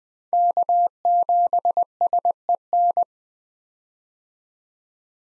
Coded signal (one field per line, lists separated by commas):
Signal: Morse code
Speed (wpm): 20 wpm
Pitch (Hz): 700 Hz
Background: none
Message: K7SEN